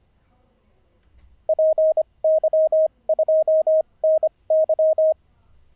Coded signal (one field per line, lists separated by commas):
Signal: Morse code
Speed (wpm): 25 wpm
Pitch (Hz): 630 Hz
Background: none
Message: PY2NY